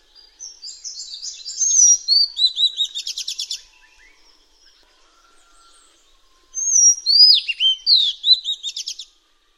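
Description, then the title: Madagascar magpie-robin with two long song phrases combining high whistles and rapid stuttering trills, separated by a quiet stretch. "suara burung kacer madagaskar"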